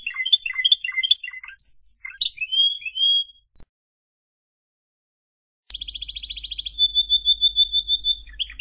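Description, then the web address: Canary song of varied chirps and whistles, a pause of about two seconds, then a fast buzzy trill followed by pulsing repeated notes. "honarfardi Canary Sound"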